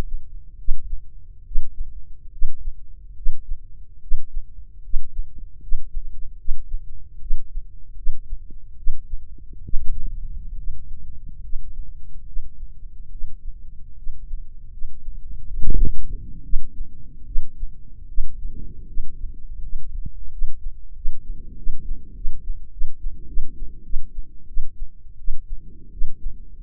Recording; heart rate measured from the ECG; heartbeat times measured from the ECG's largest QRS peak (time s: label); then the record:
heart sounds by microphone in the left ear; 79 bpm
0.57 s: heartbeat
1.44 s: heartbeat
2.31 s: heartbeat
3.15 s: heartbeat
4.00 s: heartbeat
4.82 s: heartbeat
5.60 s: heartbeat
6.37 s: heartbeat
7.19 s: heartbeat
7.95 s: heartbeat
8.76 s: heartbeat
9.62 s: heartbeat
10.56 s: heartbeat
11.41 s: heartbeat
12.25 s: heartbeat
13.10 s: heartbeat
13.95 s: heartbeat
14.70 s: heartbeat
15.45 s: heartbeat
16.42 s: heartbeat
17.24 s: heartbeat
18.06 s: heartbeat
18.86 s: heartbeat
19.61 s: heartbeat
20.30 s: heartbeat
20.94 s: heartbeat
21.55 s: heartbeat
22.13 s: heartbeat
22.70 s: heartbeat
23.26 s: heartbeat
23.83 s: heartbeat
24.47 s: heartbeat
25.17 s: heartbeat
25.90 s: heartbeat
26.54 s: heartbeat
From the record:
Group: healthy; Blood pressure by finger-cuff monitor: 99/59 mmHg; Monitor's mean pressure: 72 mmHg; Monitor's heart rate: 71 bpm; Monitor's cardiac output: 6.3 L/min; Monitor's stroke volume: 84 mL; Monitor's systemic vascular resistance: 810 dyn s/cm5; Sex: female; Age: 22 years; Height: 157 cm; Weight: 47.6 kg